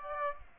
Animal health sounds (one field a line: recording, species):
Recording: mosquito wingbeat signal from an infrared sensor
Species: Aedes aegypti